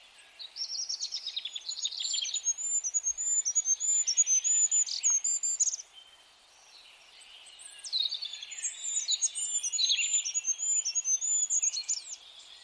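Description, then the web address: Birds calling: dense high twittering and thin repeated whistled notes for about five seconds, a brief lull, then the busy chirping chorus resumes. "birddata Deverinetal 2025"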